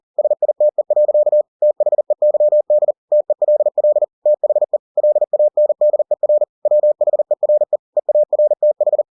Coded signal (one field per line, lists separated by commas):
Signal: Morse code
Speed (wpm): 40 wpm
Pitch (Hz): 600 Hz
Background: none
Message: SITE. THEYD TELL THE LANDER WHERE EARTH